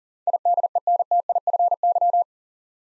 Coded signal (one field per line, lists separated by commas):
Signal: Morse code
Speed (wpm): 40 wpm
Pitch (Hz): 700 Hz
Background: none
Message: IDENTIFY